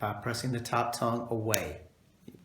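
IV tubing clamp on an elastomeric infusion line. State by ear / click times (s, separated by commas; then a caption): released / 2.3 s. Someone talks while a caregiver opens the plastic slide/pinch clamp on the IV antibiotic tubing of an elastomeric infusion line by pressing the top tongue away. After the speech fades, a faint, brief click at 2.3 s marks the clamp releasing open.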